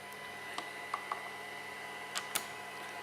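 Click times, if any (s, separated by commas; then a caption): 2.4 s. An extra pressure roller is fitted onto a Festool Conturo KA 65 Plus edge bander, giving two-point contact on a circular workpiece while the edging is applied. Light handling taps come at about 0.6, 0.9 and 1.1 s over a steady hum. The roller clicks into place with a sharp, strongest hit at 2.4 s and is seated.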